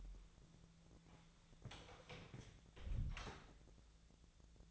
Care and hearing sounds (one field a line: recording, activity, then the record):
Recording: daily activity, microphone in the room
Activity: close door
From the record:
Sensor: 3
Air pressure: 1000.5 hPa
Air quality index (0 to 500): 181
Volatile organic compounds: 4 ppm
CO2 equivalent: 1570 ppm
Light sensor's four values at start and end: 12/30/12/13 and 12/29/12/13